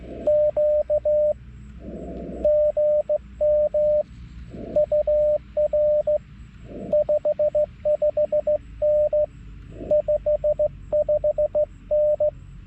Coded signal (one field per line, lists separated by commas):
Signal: Morse code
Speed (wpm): 15 wpm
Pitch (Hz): 600 Hz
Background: radio noise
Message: Q GM UR 55N 55N